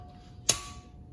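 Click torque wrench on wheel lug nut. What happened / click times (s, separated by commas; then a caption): The torque wrench clicked at its set torque / 0.5 s. A click-type torque wrench tightens the last lug nut of the round on a wheel of a 2009–2010 V6 Acura TSX/Honda Accord until it clicks sharply at 0.5 s, and the nut is confirmed good. A faint steady tone hums underneath the whole clip, and the click's bright ring fades over the following half second.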